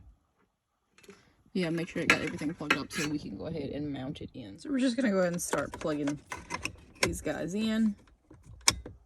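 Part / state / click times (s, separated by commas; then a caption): wiring harness plug into radio head unit / seated / 8.7 s. Someone talks while a plastic wiring harness connector is plugged into the back of an aftermarket Tesla-style touchscreen radio for a 2014 Ford Super Duty XL. A sharp click at 8.7 s marks the connector seating fully in the radio head unit.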